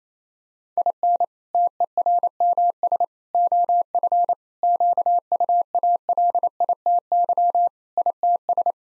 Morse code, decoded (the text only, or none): IN TERMS OF QUALITY ITS